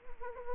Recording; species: mosquito wingbeat signal from an infrared sensor; Anopheles gambiae